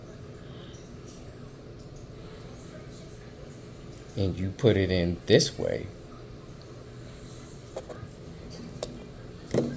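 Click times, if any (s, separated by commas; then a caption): 8.8 s. An SD memory card is pushed into the spring-loaded card slot of a Spektrum iX14 RC transmitter, oriented as shown on the slot's icon. Someone talks over a low steady background with a few faint ticks, then a sharp click at 8.8 s marks the card seating in the slot.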